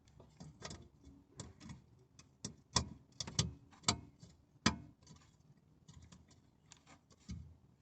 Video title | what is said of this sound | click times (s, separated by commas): DIY Mercedes Sprinter Headlight Bulb Swap - Low Beam + High Beam 2019+ 907 | when you hear that clicking | 4.7 s